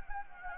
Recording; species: mosquito wingbeat signal from an infrared sensor; Anopheles gambiae